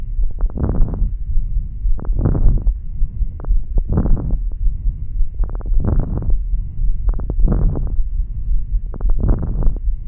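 Adult lungs heard through a stethoscope: medium crackles (rales), brief clusters of popping sounds at the start of each breath, over breath sounds repeating about 36 times a minute.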